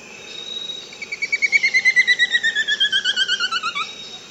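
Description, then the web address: Black-striped woodcreeper song: a long, fast series of ringing notes that slides steadily downward in pitch for nearly three seconds. South America. "Natures Songs S America Black-Striped Woodcreeper"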